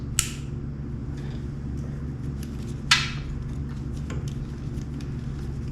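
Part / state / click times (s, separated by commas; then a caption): trunk wiring harness connector into its mating plug / seated / 0.2 s. The two halves of a keyed plastic trunk wiring harness connector, with a barb on one side and a push button on the other, are pushed together into the mating plug and snap home with a sharp click at 0.2 s, so the connector is seated. A second sharp snap follows at about 2.9 s, with a few faint ticks later over a steady low hum.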